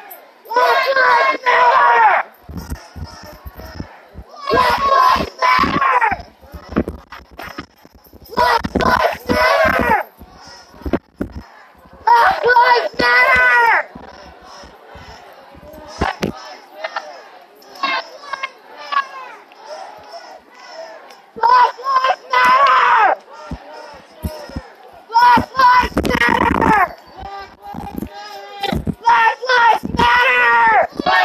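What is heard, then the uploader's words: Voices at a protest in Niagara Square come in loud, rapid bursts of shouting and speech, separated by brief quieter gaps with background chatter. Niagara Square Protest in Downtown Buffalo.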